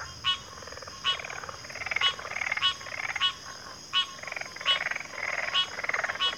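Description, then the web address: Cricket chorus: a continuous shrill trill, with frogs calling loudly in rhythmic bursts. Chorus of crickets at a backwater. "WLL Grade 1-12 Pre-Uni Library Natures Songs Sleep Sounds of Nature CRICKETS Backwater Chorus"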